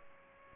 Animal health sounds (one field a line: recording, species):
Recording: mosquito wingbeat signal from an infrared sensor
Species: Aedes aegypti